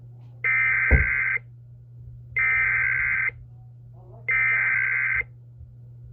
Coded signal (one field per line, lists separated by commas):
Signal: Emergency Alert System (SAME) tones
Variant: header bursts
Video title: EAS 1146: (CEM) Silver Alert North Dakota